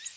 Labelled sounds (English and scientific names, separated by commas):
Ovenbird (Seiurus aurocapilla) flight call